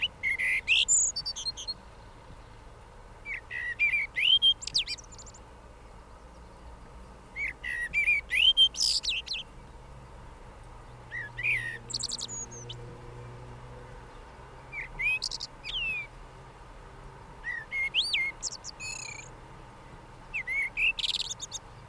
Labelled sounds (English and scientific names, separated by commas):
Common Blackbird (Turdus merula) song